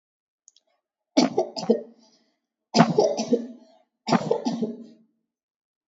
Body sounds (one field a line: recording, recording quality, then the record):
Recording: heavy voluntary cough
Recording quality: excellent, no background noise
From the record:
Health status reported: exposed to COVID-19, no respiratory illness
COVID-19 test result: negative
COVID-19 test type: RT-PCR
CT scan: not taken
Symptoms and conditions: sore throat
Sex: female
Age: 22 years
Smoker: no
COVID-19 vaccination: one dose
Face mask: not worn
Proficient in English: yes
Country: India